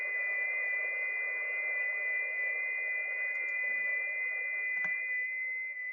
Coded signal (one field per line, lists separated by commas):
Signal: FT8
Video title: Danny Shortwave And Radio DX Live Stream #217 4/16/2025 6 Meter Band opening FT8